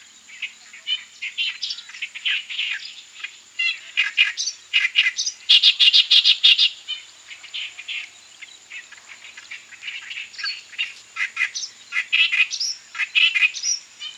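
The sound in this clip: Indian reed warbler song, a long harsh run of chattering, grating notes that swell louder and softer with short breaks between bursts.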